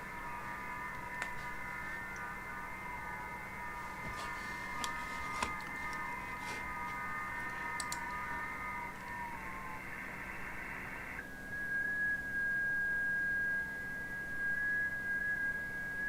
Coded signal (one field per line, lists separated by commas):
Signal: FT8